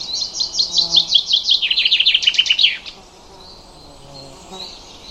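Bird song: a lively chirping trill of evenly paced notes lasting nearly three seconds, then a few thin, quiet whistled notes.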